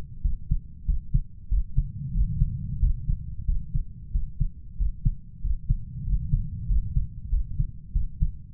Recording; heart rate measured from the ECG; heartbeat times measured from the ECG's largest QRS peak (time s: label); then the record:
heart sounds by stethoscope; 93 bpm
0.24 s: heartbeat
0.88 s: heartbeat
1.51 s: heartbeat
2.15 s: heartbeat
2.82 s: heartbeat
3.48 s: heartbeat
4.14 s: heartbeat
4.80 s: heartbeat
5.44 s: heartbeat
6.07 s: heartbeat
6.69 s: heartbeat
7.32 s: heartbeat
7.95 s: heartbeat
From the record:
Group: healthy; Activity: rest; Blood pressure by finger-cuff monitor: 137/75 mmHg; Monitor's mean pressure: 93 mmHg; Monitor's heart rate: 94 bpm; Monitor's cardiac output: 7.7 L/min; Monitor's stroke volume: 83 mL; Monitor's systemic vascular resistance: 890 dyn s/cm5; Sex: male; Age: 21 years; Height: 175 cm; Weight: 72.6 kg